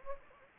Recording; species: mosquito wingbeat signal from an infrared sensor; Anopheles gambiae